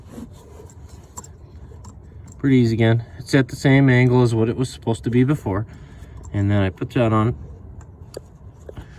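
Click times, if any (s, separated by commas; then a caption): 8.7 s. A plastic wiring harness electrical connector is pushed onto the fuel purge (evap) valve of a 2009-2013 Ford F150, set at the same angle as the original, while someone talks. Faint rubbing and small ticks run underneath, and a sharp little click at 8.7 s marks the connector locking into place, seated.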